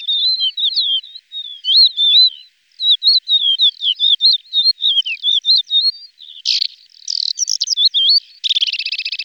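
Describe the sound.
Lesser short-toed lark sings a long, jumbled string of chirpy, twisting whistles, ending with a few harsher buzzy notes and a short trill.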